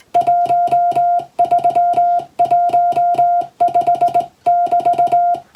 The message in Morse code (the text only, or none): 1315<BT>